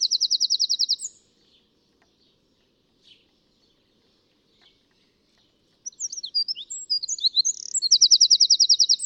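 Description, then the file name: Eurasian wren song opening on the tail of a fast trill, then a few soft chips, then a new bright phrase of tumbling notes finishing in a rapid rattle. "Troglodytes troglodytes"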